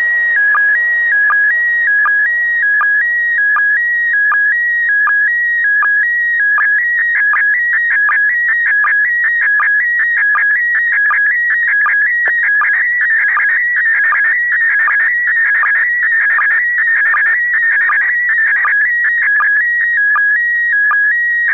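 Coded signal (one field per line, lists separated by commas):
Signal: SSTV (slow-scan television)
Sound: warbling tone hopping between two pitches, punctuated by regular short low chirps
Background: radio static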